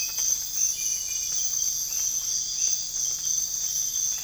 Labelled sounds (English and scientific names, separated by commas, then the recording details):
none
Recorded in dense forest near Puerto Asís, Putumayo, Colombia, on 21 December 2024 at 05:00
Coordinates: 0.484, -76.325
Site G056